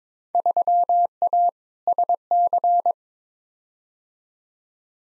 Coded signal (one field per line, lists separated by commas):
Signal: Morse code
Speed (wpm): 22 wpm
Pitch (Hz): 700 Hz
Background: none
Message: 3A SC